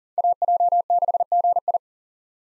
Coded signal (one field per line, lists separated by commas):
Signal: Morse code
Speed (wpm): 40 wpm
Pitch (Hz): 700 Hz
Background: none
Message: AJ6GI